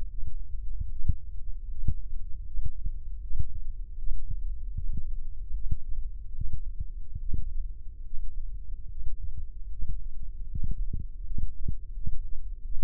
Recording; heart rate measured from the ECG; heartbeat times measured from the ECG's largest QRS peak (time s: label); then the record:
heart sounds by microphone in the left ear; 77 bpm
0.09 s: heartbeat
0.90 s: heartbeat
1.69 s: heartbeat
2.45 s: heartbeat
3.21 s: heartbeat
3.97 s: heartbeat
4.75 s: heartbeat
5.52 s: heartbeat
6.34 s: heartbeat
7.19 s: heartbeat
8.04 s: heartbeat
8.88 s: heartbeat
9.70 s: heartbeat
10.49 s: heartbeat
11.25 s: heartbeat
11.94 s: heartbeat
12.63 s: heartbeat
From the record:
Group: healthy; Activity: Valsalva maneuver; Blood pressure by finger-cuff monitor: 128/73 mmHg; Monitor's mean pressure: 84 mmHg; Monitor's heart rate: 76 bpm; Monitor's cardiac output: 6.6 L/min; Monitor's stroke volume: 88 mL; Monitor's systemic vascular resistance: 930 dyn s/cm5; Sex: male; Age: 23 years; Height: 179 cm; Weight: 87 kg